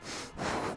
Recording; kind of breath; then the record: one breath in and out by a microphone near the nose and mouth; strong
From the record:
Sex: male